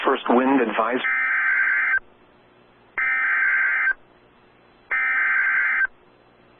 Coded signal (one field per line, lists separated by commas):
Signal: Emergency Alert System (SAME) tones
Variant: header bursts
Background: speech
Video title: Severe Thunderstorm Warning EAS#666 WXK85 Norman,OK